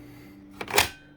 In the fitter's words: push it down until it clicks into place now the wand is on